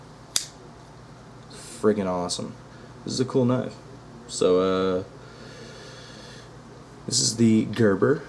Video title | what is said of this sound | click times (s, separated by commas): Knife Review - Gerber Bear Grylls Folding Scout (Cutlery Lover Tribute) | like I said the lock mechanism on this knife is awesome just snaps right in place it's completely solid | 0.4 s